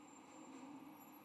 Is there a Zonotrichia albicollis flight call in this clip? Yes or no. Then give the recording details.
no. No flight call is heard. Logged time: 02:56 on 22 November 2014